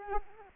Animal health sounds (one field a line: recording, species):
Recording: mosquito wingbeat signal from an infrared sensor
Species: Culex quinquefasciatus